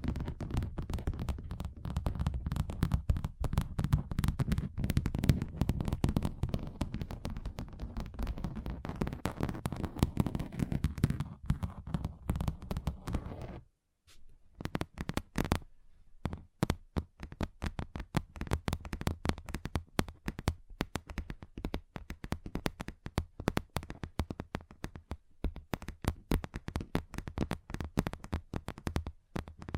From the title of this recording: Table Tapping Different Surfaces